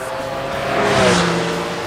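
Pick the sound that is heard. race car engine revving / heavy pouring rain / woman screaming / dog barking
race car engine revving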